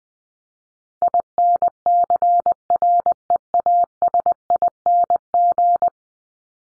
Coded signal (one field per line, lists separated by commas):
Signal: Morse code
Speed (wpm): 20 wpm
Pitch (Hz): 700 Hz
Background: none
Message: INCREASING